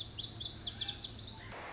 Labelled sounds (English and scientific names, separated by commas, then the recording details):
Lazuli Bunting (Passerina amoena)
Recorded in Sonoma County, California